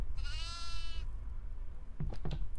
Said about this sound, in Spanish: ¡Ay, una cabra! ¡Está pasando una cabra!